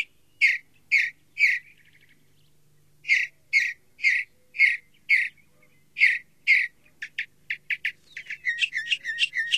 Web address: Songs of Birds of North America Stokes. Northern Mockingbird